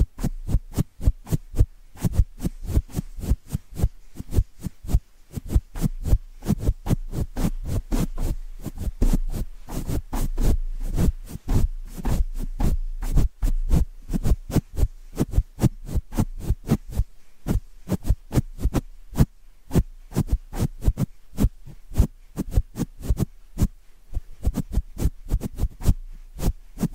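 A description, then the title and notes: Rhythmic brushing against a microphone, a rapid stream of short scratchy strokes at several per second that runs steadily for the whole length. Each stroke is dry with a low thump underneath, and a faint hum sits beneath. ASMR Rhythmic Mic Brushing (No Talking).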